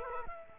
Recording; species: mosquito wingbeat signal from an infrared sensor; Culex quinquefasciatus